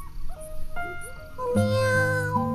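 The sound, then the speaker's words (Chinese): An orange cat meows a few times in a row, each cry drawn out and tonal, the last one longer and louder, with no voices around it. “小女孩一边用沙哑的声音呼唤那只橘猫，一边摊开脏兮兮的手， 到我这里来，给你吃东西啊。”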